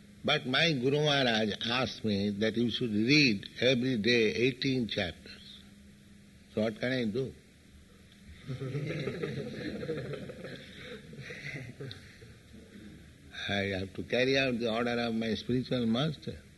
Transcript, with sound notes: but my Guru Mahārāja asked me that 'You should read every day eighteen chapters.' So what can I do? [laughter] I have to carry out the order of my spiritual master.